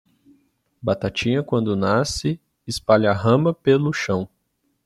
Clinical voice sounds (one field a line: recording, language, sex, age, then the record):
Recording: short text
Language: Brazilian Portuguese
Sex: male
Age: 30 to 39 years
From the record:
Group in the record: control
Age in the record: 33 years